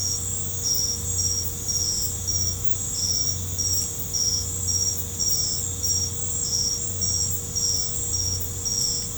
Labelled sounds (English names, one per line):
none